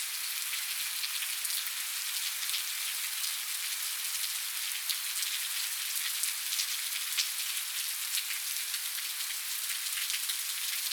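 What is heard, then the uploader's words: Steady, dense rain patters on a surface at night, a bright even hiss of tiny drops with occasional sharper taps and no low rumble. Pleasant Rain Ambient Nighttime Noise.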